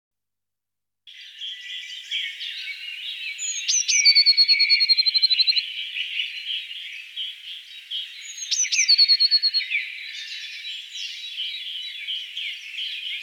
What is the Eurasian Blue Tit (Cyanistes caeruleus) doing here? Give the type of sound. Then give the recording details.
song. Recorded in the wild. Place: Ebringen /Breisgau-Hochschwarzwald, Baden-Württemberg, DE. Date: 1985-05-12. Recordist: Schwarz, Dieter